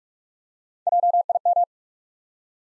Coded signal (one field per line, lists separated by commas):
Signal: Morse code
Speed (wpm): 46 wpm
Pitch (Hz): 700 Hz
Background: none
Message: JIM